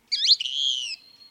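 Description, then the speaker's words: Thick-billed kingbird call: a quick twittered stutter followed by a drawn-out, buzzy high note, given once against near silence. Arizona; catches cicadas, beak big enough to crunch a cicada's hard exoskeleton. "thick-billed kingbird has a beak big enough to crunch a cicada's hard exoskeleton, says researcher Joe Quello."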